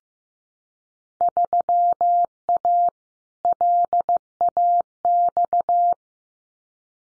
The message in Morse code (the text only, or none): 3A LAX